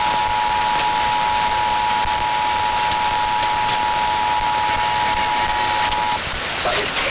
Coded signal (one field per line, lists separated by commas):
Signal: Emergency Alert System (SAME) tones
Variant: 853 and 960 Hz attention tone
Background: speech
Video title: Required Monthly Tests from May 4 2026 EAS 652-656